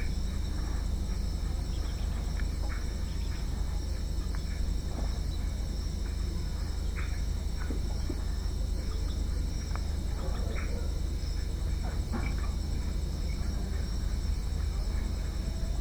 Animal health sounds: poultry house recording; healthy chickens

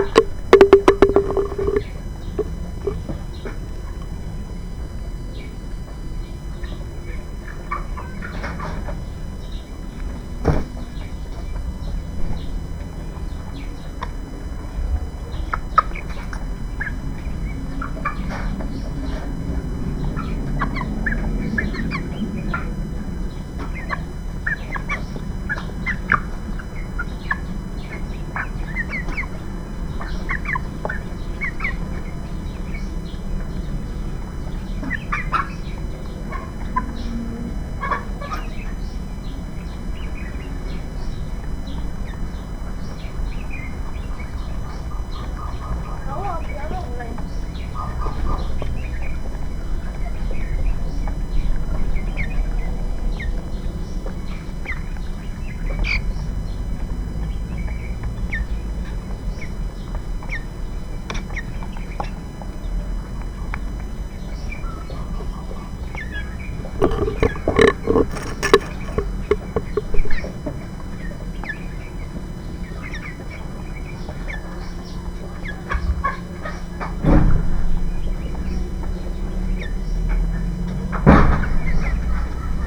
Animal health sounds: poultry house recording; background noise or bird activity such as feeding and pecking

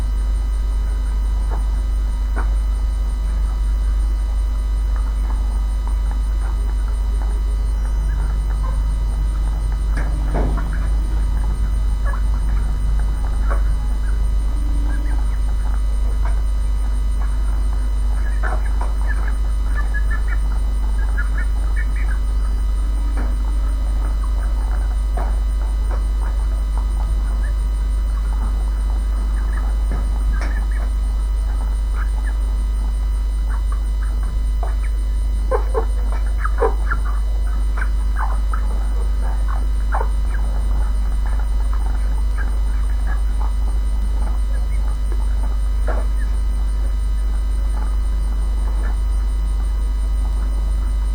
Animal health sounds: poultry house recording; sick chickens (respiratory disease)

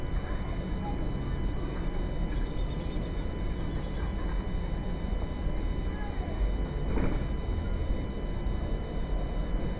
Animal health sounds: poultry house recording; healthy chickens

